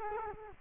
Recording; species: mosquito wingbeat signal from an infrared sensor; Culex quinquefasciatus